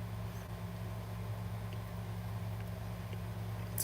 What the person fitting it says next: There it is. I heard it pop in place. We are set.